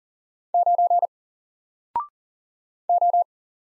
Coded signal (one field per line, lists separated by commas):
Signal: Morse code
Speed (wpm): 38 wpm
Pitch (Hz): 700 Hz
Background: none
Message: 9 O